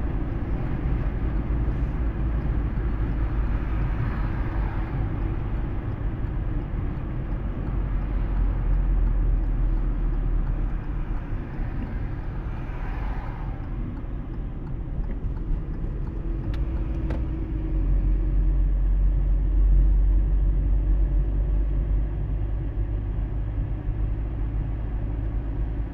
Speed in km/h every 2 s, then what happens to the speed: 72, 70, 66, 63, 59, 46, 41, 34, 33, 34, 36, 37, 38.
0-14 slows to 34. 14-26 steady at about 34.